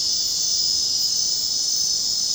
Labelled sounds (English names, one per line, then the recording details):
none
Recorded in dense forest near Puerto Asís, Putumayo, Colombia, on 22 June 2025 at 21:30
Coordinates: 0.499, -76.324
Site G100